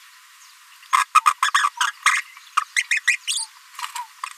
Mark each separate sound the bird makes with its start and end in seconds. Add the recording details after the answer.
0.93-1.04, 1.15-1.20, 1.26-1.33, 1.42-1.50, 1.54-1.67, 1.87-1.91, 2.13-2.21, 2.57-2.61, 2.76-2.83, 2.91-3.00, 3.07-3.16, 3.27-3.45, 4.23-4.25. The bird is a female. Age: 27 days. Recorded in a nest box in Venezuela. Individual 17B73B2